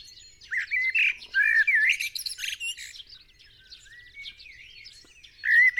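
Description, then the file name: Common blackbird song: rich warbled whistles tumbling into scratchy high twittering, a quieter stretch, then a fresh fluty phrase at the close. "Turdus merula"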